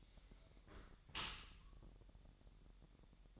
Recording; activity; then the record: daily activity, microphone in the room; close dishwasher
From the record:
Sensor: 3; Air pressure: 1000.6 hPa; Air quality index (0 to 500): 249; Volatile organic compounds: 176 ppm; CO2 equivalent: 4127 ppm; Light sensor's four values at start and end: 11/25/10/10 and 11/25/10/10